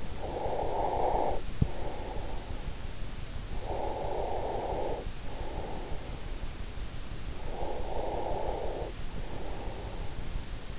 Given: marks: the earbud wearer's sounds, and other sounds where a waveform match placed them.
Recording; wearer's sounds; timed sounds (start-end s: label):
sounds in sleep by an in-ear microphone; breath
0.00-6.57 s: breath
7.54-10.79 s: breath